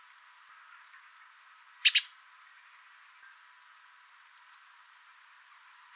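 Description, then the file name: Great tit calls: high thin whistled notes in short groups every second or two, two of the groups with a brief harsh chattering burst. "Parus major"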